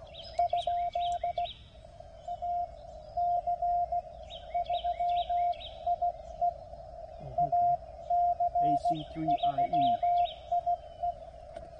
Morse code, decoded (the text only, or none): ? AC3IE AC3IE